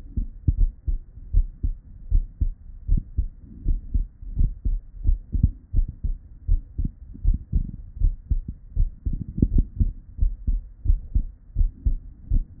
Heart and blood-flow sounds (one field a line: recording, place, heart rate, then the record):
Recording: heart sounds by stethoscope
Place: Erb's point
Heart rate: 81 bpm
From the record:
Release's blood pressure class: elevated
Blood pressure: 125/69 mmHg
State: at rest